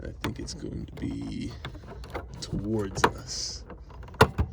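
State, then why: Released. A plastic brake light bulb socket with a red plug is twisted by hand behind the tail light housing while someone talks. Faint ticks lead into a sharp click at 4.2 s as the socket loosens and releases.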